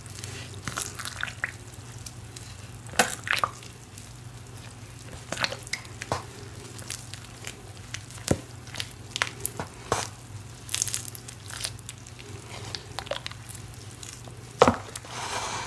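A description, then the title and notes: Matcha cornstarch paste is squeezed and reformed, giving irregular crackly squishes and crisp snaps that come every second or so, with louder bursts near 3, 8 and 14.5 seconds. A steady low hum runs underneath the whole time. Matcha cornstarch paste and reforming.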